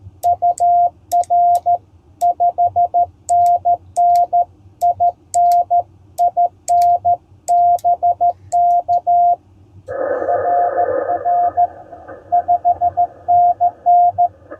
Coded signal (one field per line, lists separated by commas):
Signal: Morse code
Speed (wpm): 13 wpm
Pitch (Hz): 700 Hz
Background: radio noise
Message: UR 5NN IN IN BK RR 5NN